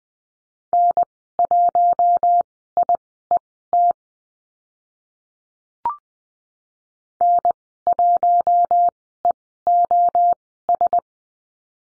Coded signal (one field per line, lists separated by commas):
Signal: Morse code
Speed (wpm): 20 wpm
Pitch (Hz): 700 Hz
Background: none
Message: N1IET N1EOS